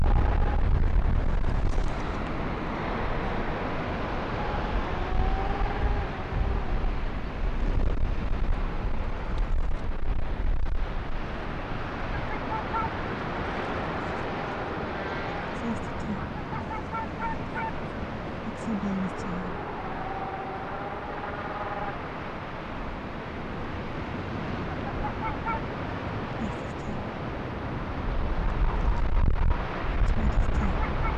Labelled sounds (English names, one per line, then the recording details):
Arctic Fox
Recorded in the wild
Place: Insel Mednyi, Kommandeur-Inseln, RU
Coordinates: 54.5167, 168.083
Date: 1999-07-05 16:25
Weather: Nebel, 8°C
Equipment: Sony WM-D6C, Sennheiser ME 80, K 30 AV, Filter, Windkorb, Kopie Tascam DA 30
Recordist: Jakupi, Antje